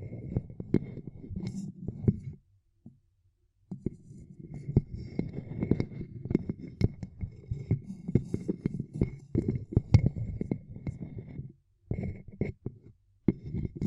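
Ear cupping sounds: muffled, low rustling and thumping swells and fades as hands press and cup, with soft crackly taps on top. A faint steady high tone runs through parts of it. The sound drops to near silence around 2.5–3.5 seconds and briefly near 11.5 and 13 seconds.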